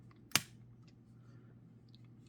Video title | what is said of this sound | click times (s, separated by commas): Ominous Prime Reviews MMC Ocular Max Saltus | so they can snap into place. | 0.4 s